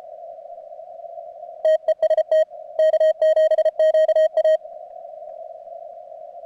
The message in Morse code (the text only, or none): TEST K7QA